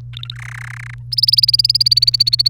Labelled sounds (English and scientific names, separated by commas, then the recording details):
Domestic Canary (Serinus canaria) song
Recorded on 1 May 2018 at 15:29
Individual llb3